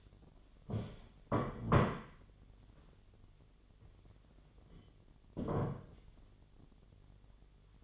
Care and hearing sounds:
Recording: daily activity, microphone in the room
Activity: stand up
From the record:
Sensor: 4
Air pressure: 1008.7 hPa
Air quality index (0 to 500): 170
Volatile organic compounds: 4 ppm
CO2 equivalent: 1704 ppm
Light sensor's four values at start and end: 23/72/27/26 and 23/72/27/26

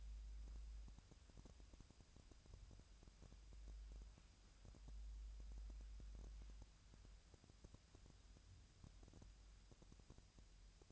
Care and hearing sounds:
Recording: daily activity, microphone in the room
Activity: wipe stove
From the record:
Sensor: 2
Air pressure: 1003.1 hPa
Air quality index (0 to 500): 201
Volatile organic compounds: 6 ppm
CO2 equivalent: 1914 ppm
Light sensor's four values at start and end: 9/21/9/9 and 9/21/9/10

